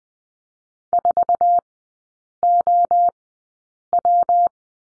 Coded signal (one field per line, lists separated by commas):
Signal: Morse code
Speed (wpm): 20 wpm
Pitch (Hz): 700 Hz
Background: none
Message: 4OW